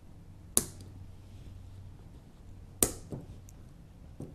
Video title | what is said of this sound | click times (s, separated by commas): VEX Robotics Build Instructions - Catapult | Make sure all four pins snap into place. | 0.6 s, 2.8 s